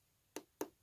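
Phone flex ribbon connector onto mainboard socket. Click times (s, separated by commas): 0.4 s, 0.6 s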